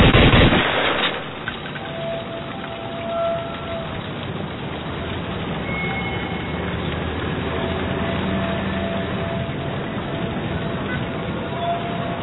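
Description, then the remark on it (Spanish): A loud, sharp burst opens as a door is kicked down, then a dense, continuous rattle of several gunshots and crackling noise carries on steadily with little change in loudness, with no voices. “cuando una enorme patada derribó la puerta. Se dejaron de oír varios disparos.”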